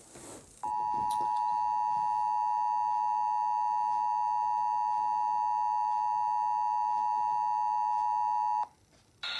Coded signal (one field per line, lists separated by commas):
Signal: Emergency Alert System (SAME) tones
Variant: 853 and 960 Hz attention tone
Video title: TOR for East Central Iowa #EAS (Late)